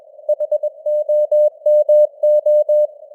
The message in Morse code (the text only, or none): HOMO